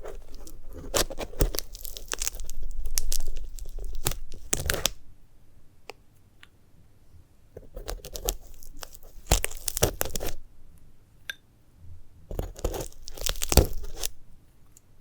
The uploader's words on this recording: ASMR of a Sunflower Head (No Talking).